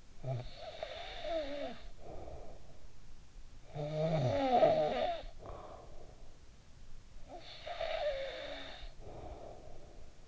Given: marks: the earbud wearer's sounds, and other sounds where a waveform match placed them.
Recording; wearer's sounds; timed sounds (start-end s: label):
sounds in sleep by an in-ear microphone; snoring breath
0.00-3.53 s: snoring breath
3.54-7.06 s: snoring breath
7.08-10.28 s: snoring breath